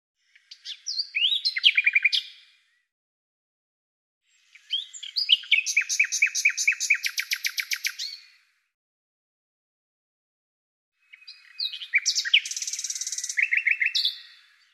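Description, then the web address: Bird singing three high phrases of sharp chirps, buzzy trills and rapid repeated notes, separated by silent pauses of two to three seconds, with no other sounds. "Deverinetal 2025"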